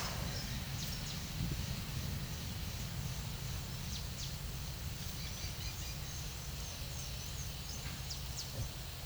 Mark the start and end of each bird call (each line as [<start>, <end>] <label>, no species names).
[3.86, 8.61] bird call